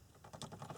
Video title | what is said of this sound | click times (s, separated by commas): Ford Focus Radio install | that should click into place as well there we are | 0.4 s